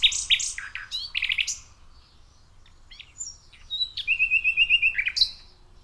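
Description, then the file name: Common nightingale: a burst of loud sharp notes, scattered chirps, then a rapid, even string of repeated notes lasting about a second before a final sharp note. "Luscinia megarhynchos"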